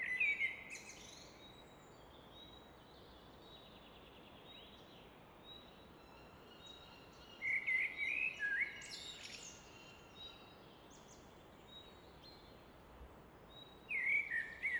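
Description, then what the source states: Common nightingale uttering short bursts of twisting whistled phrases at intervals, separated by long gaps of constant rushing noise. Evening in Fläsch, Switzerland; rushing of the Rhine in the background reflected off a rock wall; recorded with Fostex FR2 and MKH 800.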